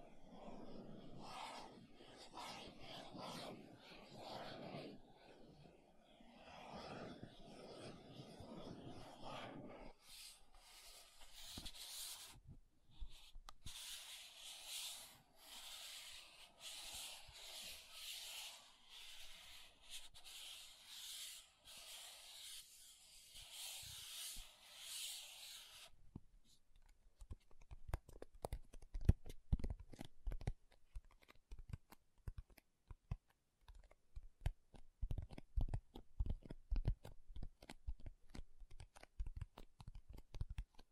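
Makeup items are tapped and scratched in three distinct stretches. First comes a dense, low scratchy rubbing, then from about 10 to 26 seconds a brighter, hissy scraping with quick rhythmic strokes, and after 26 seconds sharp, irregular taps and clicks that grow louder.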